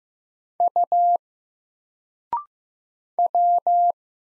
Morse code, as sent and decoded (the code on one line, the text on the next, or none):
..- / .--
U W